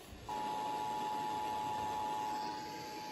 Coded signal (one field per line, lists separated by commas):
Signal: Emergency Alert System (SAME) tones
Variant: 853 and 960 Hz attention tone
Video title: SLIGHT RISK INSANITY! EAS Alerts from 10/12/2022 - 10/13/2022.